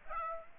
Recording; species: mosquito wingbeat signal from an infrared sensor; Aedes aegypti